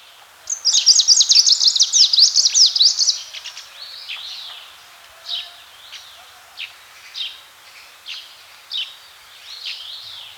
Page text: Greenish Warbler Song. Quick Sounds